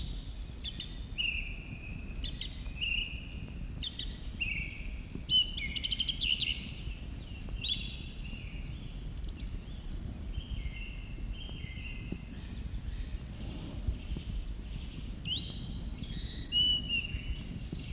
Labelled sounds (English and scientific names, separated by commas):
Song Thrush (Turdus philomelos) song